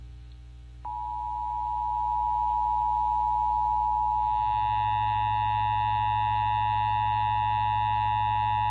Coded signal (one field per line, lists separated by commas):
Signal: Emergency Alert System (SAME) tones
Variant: 853 and 960 Hz attention tone